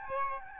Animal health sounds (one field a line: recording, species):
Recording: mosquito wingbeat signal from an infrared sensor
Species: Aedes albopictus